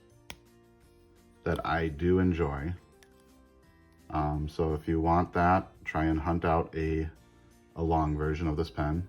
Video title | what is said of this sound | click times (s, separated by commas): Pilot Elite: E95S, Vintage Short and Long | The long version actually has a clutch, which gives you that positive click | 0.3 s